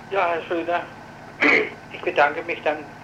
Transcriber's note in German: räuspert